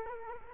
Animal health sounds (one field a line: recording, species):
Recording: mosquito wingbeat signal from an infrared sensor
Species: Culex quinquefasciatus